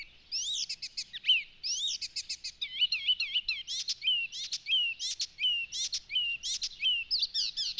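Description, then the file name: Icterine warbler singing continuously, mixing harsh chattering bursts with rising and falling whistled notes in a lively, varied stream. "Spotvogel"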